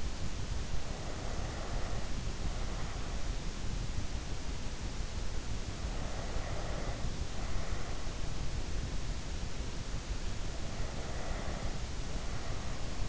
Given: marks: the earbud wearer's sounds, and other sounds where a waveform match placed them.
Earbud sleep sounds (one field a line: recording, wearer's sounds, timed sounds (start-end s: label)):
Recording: sounds in sleep by an in-ear microphone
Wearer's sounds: breath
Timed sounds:
0.73-3.30 s: breath
5.71-8.40 s: breath
10.48-12.95 s: breath